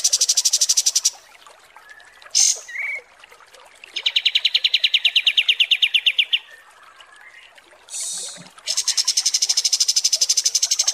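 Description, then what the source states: Kapas Tembak song: long stretches of rapid, ringing pulsed trills, some higher and some lower, with short gaps between them. Masteran (tutor) recording used to train caged birds' song, described as 'mewah' (luxurious).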